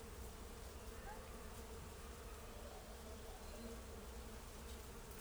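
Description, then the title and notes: Bees buzzing en masse, a dense steady low hum with overlapping drones throughout, no clear breaks. Hundreds of bees gathered in ivy covering a garage, buzzing together; Isny im Allgäu, 13 August 2009, 17:25. "Isny im Allgäu: Hunderte von Bienen im Efeu einer Garagenbegrünung. 13. August 2009, 17:25: Hunderte von Bienen hatten sich im Efeu einer Garagenbegrünung versammelt und summten um die Wette"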